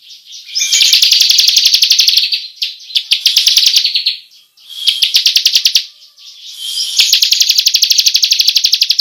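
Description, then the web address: Bar-winged prinia rolling song, with dense rapid trills rising and fading in several bursts and little pause between them. Long rolling song style, called ngerol panjang. "ciblek suara-burung-ciblek-ngerol-panjang"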